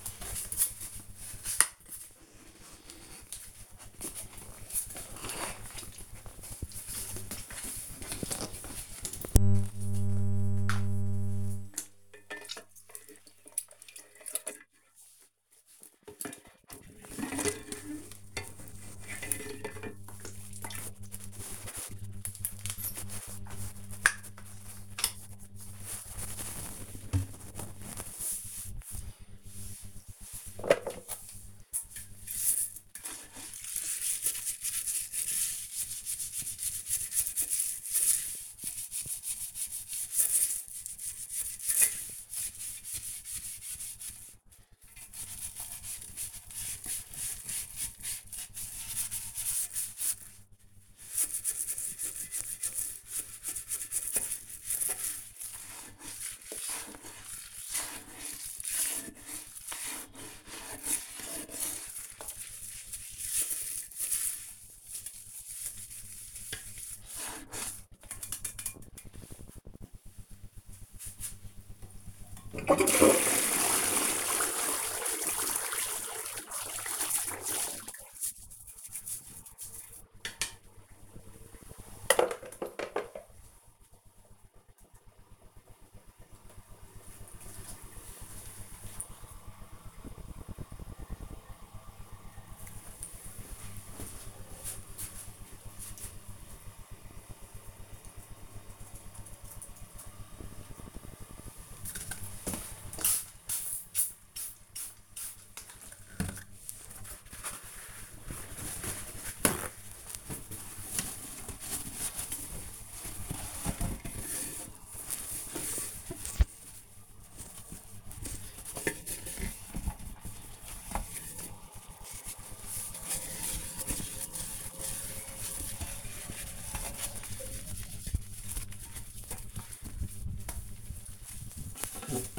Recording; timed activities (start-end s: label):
household activities, microphone on the right wrist
0.00-86.10 s: bathroom cleaning (toilet)
100.21-132.39 s: bathroom cleaning (toilet)